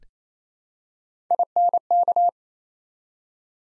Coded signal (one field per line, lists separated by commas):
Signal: Morse code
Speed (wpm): 27 wpm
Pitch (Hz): 700 Hz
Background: none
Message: INK